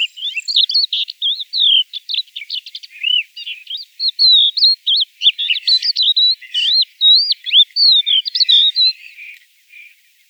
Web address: songs galerida cristata call